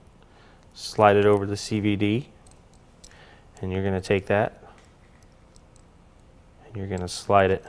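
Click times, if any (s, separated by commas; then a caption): none. A large ball bearing for a Losi AT 2.0 RC car spindle is picked up, slid over the CVD and lined up with the spindle, making only a few faint handling ticks while someone talks. Nothing has seated or clicked into the spindle yet.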